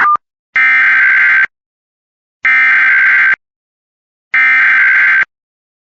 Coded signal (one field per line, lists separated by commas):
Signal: Emergency Alert System (SAME) tones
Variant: header bursts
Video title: Iowa amber alert for a 12 year old EAS #43